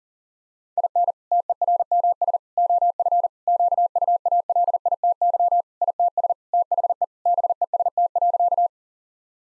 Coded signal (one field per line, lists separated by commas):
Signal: Morse code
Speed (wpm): 40 wpm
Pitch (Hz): 700 Hz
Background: none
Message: IN TERMS OF QUALITY ITS THE BEST.